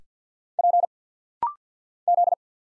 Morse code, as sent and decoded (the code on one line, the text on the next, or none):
.--. / --..
P Z